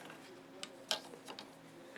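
A second cable connector is pushed into the header on the dimmer circuit board of a TAKAGI Marco Ultra M series slit lamp. It snaps in with one sharp click at 0.9 s, and the connector is seated. Softer ticks come before and after it over a low steady hum.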